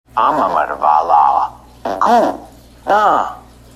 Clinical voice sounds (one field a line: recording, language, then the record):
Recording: elicited speech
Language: Bengali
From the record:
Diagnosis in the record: Broca's or global aphasia after a stroke